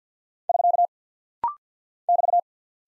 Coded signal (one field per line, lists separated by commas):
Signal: Morse code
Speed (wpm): 49 wpm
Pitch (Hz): 700 Hz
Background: none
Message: <SK> <BT>